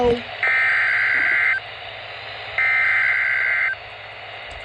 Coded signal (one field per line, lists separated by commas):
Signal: Emergency Alert System (SAME) tones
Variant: header bursts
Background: speech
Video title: SVR #14 (EAS #24)